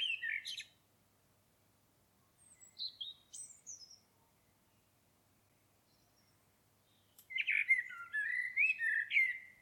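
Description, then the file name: Common blackbird singing: a brief low warbled phrase, a few thin high squeaky notes, then a longer mellow fluting phrase with twittery flourishes near the end. "Turdus merula"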